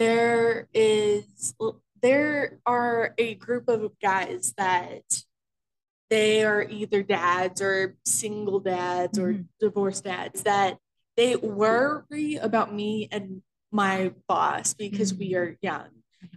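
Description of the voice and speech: A young adult woman who stutters speaks with a stretched, drawn-out "the" lasting about a second, several lengthened sounds and a long silent gap mid-sentence. Her speech is otherwise fairly fluent. These prolongations and pauses fit mild stuttering.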